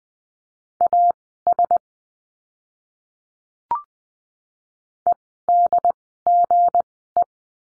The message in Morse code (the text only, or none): AS EDGE